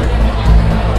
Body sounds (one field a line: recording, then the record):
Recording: background sound without coughing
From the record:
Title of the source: Party Noise 1 Hour Party Ambience